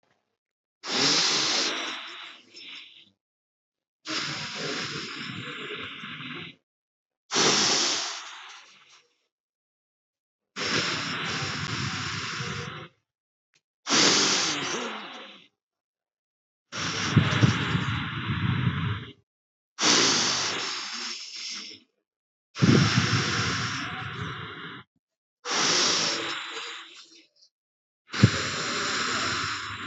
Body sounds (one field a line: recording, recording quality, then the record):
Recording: deep breathing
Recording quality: excellent, no background noise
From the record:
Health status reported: healthy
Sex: male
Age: 19 years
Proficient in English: yes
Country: India